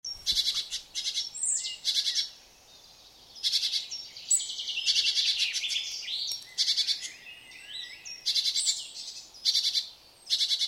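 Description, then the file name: Great tit giving loud, grating churr bursts in quick clusters with high whistled notes, separated by short quiet gaps. "Parus major"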